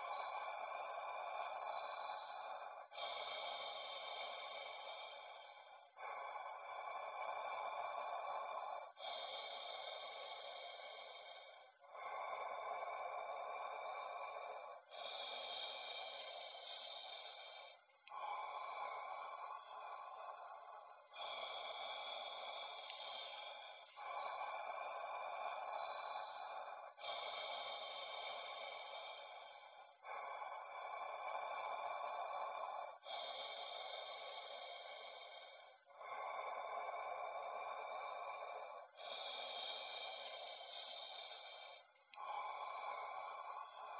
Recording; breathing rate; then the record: paced breathing near a phone; 10 breaths a minute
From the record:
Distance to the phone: 40 cm